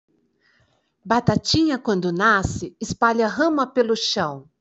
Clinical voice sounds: short text; Brazilian Portuguese; female; 50 to 59 years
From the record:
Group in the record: control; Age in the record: 55 years

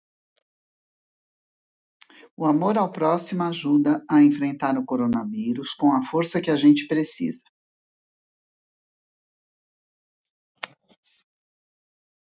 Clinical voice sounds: spoken sentence; Brazilian Portuguese; female; 60 to 69 years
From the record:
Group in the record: control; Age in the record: 65 years

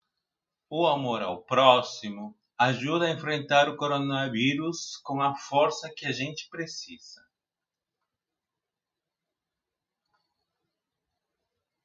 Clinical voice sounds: spoken sentence; Brazilian Portuguese; male; 40 to 49 years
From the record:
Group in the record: control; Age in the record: 43 years

